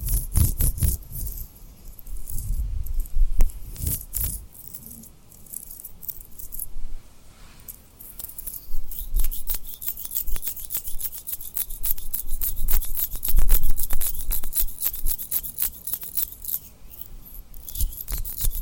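Tapping and rubbing on rhinestones make sharp, bright clicks that sound at an uneven pace early on. After about eight seconds the clicks come much faster and denser. Soft, low thumps and a faint hiss sit underneath throughout.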